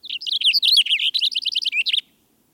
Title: Cassin's Finch